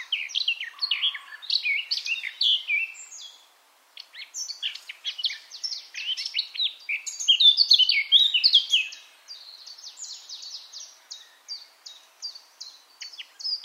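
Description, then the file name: Eurasian blackcap singing: hurried scratchy warbling phrases with a short pause, then a softer, thinner run of repeated chattering notes at the end. "Sylvia atricapilla"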